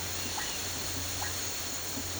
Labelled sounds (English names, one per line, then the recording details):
none
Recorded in pastures near Puerto Asís, Putumayo, Colombia, on 8 March 2025 at 13:30
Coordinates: 0.466, -76.322
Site CSA-02